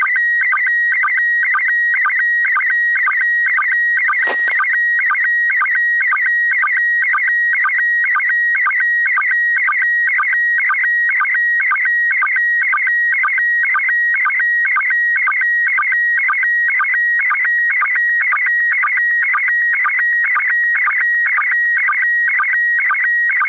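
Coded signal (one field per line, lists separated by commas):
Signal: SSTV (slow-scan television)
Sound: steady high whistle broken by rhythmic warbling chirps about twice per second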